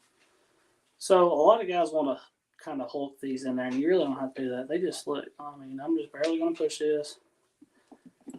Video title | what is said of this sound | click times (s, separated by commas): Get MORE out of Your REELS | it snaps into place | 8.3 s